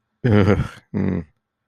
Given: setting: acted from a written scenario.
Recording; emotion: vocal sound without words; disgust